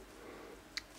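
A twist-up eyecup on the eyepiece of 2022-upgrade Hawke Vantage 10x42 binoculars is turned one detent position inward. Against a quiet background, a single short, sharp click is heard at 0.8 s. The eyecup seats into the detent.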